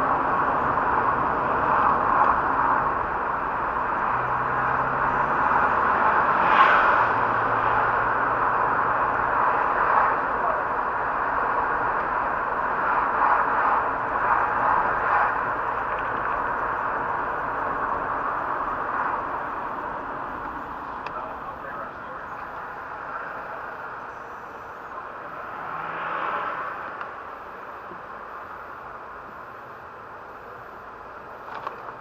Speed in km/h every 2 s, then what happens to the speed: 39, 41, 46, 49, 50, 49, 48, 46, 43, 40, 20, 12, 5, 1, 1, 1.
0-7 speeds up to 50. 7-25 slows to 1. 25-32 standing.